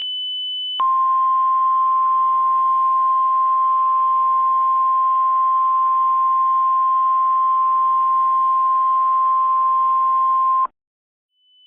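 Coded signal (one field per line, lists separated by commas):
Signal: Emergency Alert System (SAME) tones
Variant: 1050 Hz attention tone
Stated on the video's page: Test made with an EAS builder tool and ClipChamp, not a real alert.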